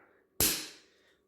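A nozzle tip is pushed into the quick-connect coupler on the spray wand of a Husqvarna PW3200 pressure washer after the coupler's brass collar is pulled back. A single sharp metal snap is heard at 0.4 s, ringing briefly before fading into a quiet background. The tip is seated and locked in the coupler.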